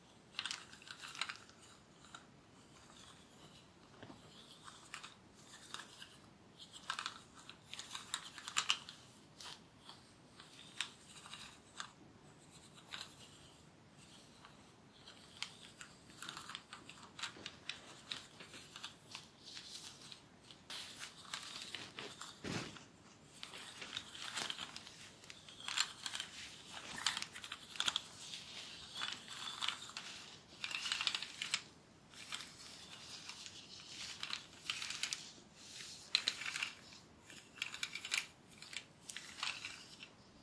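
Hair being played with and scratched, with dense, irregular crackly rustles and brushing strokes throughout, some brighter bursts later, over a faint low hum.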